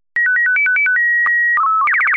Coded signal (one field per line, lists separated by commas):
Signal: SSTV (slow-scan television)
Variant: Robot BW 8